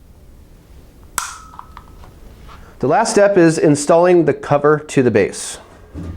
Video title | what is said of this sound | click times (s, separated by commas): Replacing the Compressor Tank | push it down until it clicks or locks into place. | 1.2 s